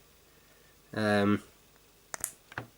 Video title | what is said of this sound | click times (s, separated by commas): Fountain Pen Filling Mechanisms | you align the ball agitator end with that and you stick it in you'll hear a pop | 2.1 s, 2.2 s